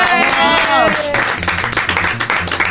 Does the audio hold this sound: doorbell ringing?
no